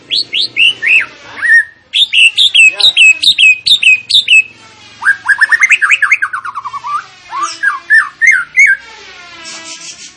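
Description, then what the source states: Sooty-headed bulbul singing rapid phrases of sharp rising and falling notes in bursts, with brief pauses and a hissy buzzy ending. Singing actively (gacor); training recording for cage birds.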